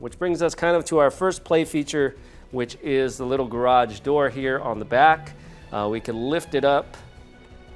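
A man talks over background music while handling the plastic brick garage door on the back of a LEGO Batman 76252 brick-built Batcave display set, which is being lifted so it can lock open and let the Batmobile enter or exit. The door has not locked in place yet, and no click is heard by the end of the clip.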